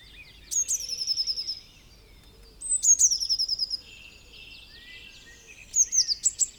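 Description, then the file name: Eurasian blue tit uttering three phrases of a high introductory note then a fast run of thin, repeated notes, each phrase separated by short silences. "Cyanistes caeruleus"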